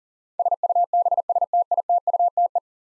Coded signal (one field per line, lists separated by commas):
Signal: Morse code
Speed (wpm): 40 wpm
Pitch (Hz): 700 Hz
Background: none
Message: SUBSTITUTE